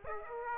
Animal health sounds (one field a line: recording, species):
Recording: mosquito wingbeat signal from an infrared sensor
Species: Aedes aegypti